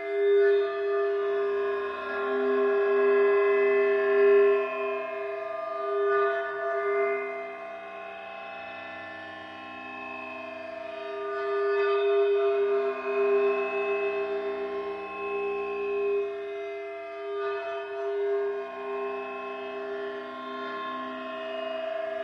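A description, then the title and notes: A modular synth drone played through crumpled scrap aluminium, giving a sustained metallic ringing tone with a bright, shimmering upper layer. Low pulses shift in a slow repeating pattern underneath, and the loudness gently swells and dips without breaking. A repeating sequence from eurorack modular synth customised for drone work and looping/delay sent through transduction speaker attached to the surface of a found piece of crumpled aluminium scrapmetal.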